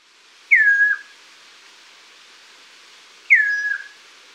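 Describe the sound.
Chestnut-crowned antpitta song: two clear whistled phrases about three seconds apart, each sliding downward and ending on a lower drawn-out note, over a faint steady hiss.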